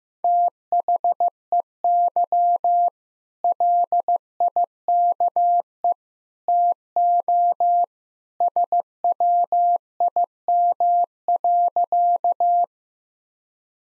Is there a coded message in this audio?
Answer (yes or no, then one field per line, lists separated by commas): yes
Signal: Morse code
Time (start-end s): 0.2-12.6 s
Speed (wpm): 15 wpm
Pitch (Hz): 700 Hz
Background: none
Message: THEY LIKE TO SWIM.